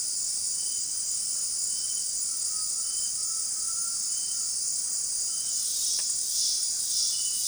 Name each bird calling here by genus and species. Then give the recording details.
Crypturellus undulatus. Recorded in dense forest near Puerto Asís, Putumayo, Colombia, on 18 February 2024 at 17:30. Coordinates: 0.499, -76.324. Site G6469